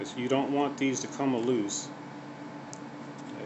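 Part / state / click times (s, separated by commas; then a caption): aileron servo lead connector into extension lead / seated / 2.7 s. Someone talks while pushing the color-coded aileron servo lead connector into its extension lead on the wing of an FMS 1220mm Ranger RC airplane. The connector's plastic locking tabs give a short, sharp click at 2.7 s as they lock, and the connector is seated.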